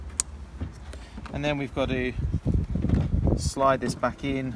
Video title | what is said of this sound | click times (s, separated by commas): Porsche Cayenne headlight water problem fix | it's just simply slips on there until it clicks and | 0.2 s